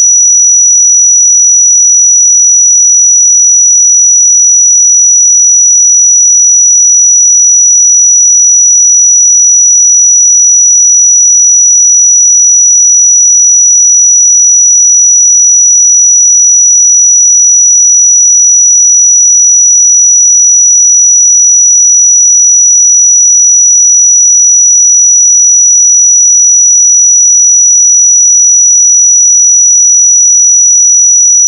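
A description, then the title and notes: A pure sine tone at 5871 Hz holds perfectly steady for the whole clip, a thin, bright whistle with nothing else underneath. 5871 Hz 1 Hz Interval Sine Pure Tone Frequency 441000 Sample Mono.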